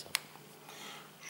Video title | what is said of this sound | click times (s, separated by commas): Pens ampermetre ile DC akım ölçmek. True-rms AC akım ölçmek, Rogowski bobinli pens ampermetre. | Şu anda mesela taktık. Çevirdik, kilitlendi. | 1.3 s